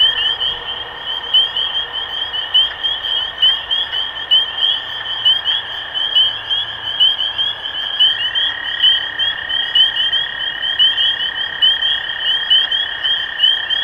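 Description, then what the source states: Spring peepers in full chorus, shrill upslurred peeps repeated about once a second by the nearest frog, over a continuous droning background. Recorded 23 March 2012.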